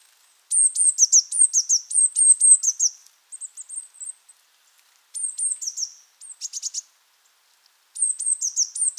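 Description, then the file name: Eurasian blue tit singing high thin whistles that drop into quick chattering trills, several phrases in close succession with brief pauses, nothing else audible. "Cyanistes caeruleus"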